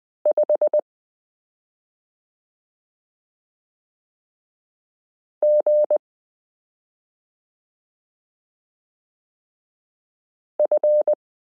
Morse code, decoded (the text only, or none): 5 G F